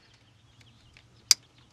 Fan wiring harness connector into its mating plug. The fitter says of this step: snapped i don't know if you heard it snap